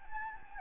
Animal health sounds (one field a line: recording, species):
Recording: mosquito wingbeat signal from an infrared sensor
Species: Anopheles gambiae